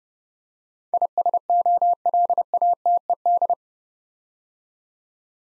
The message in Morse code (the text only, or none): ISOLATED